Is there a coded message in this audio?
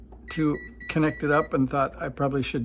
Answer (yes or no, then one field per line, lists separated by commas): no